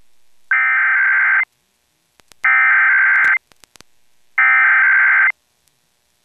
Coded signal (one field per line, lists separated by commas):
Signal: Emergency Alert System (SAME) tones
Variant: header bursts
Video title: WNCO-FM Required Monthly Test || 8-9-23